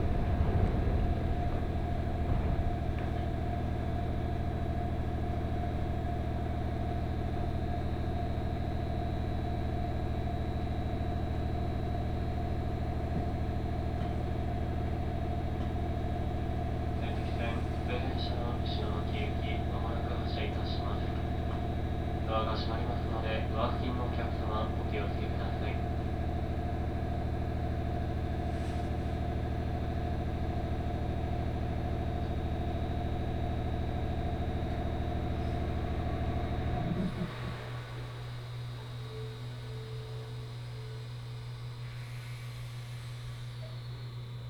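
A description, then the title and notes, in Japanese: A Senseki Line local train running from Matsushima-Kaigan toward Ishinomaki: a steady low drone with a fixed mid-pitched whine holds unchanged, with brief voices between about 17 and 26 seconds. Near 37 seconds the whine stops and a quieter low hum remains. 仙石線 普通 松島海岸→石巻。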